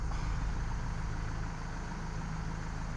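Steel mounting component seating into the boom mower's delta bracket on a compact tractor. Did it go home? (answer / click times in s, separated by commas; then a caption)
no / none. A steel mounting component is worked into the delta bracket of a Ferri boom flail mower on a compact tractor, with a steady low engine idle humming throughout. There are no sharp knocks or clicks, and nothing has seated or clicked into place yet.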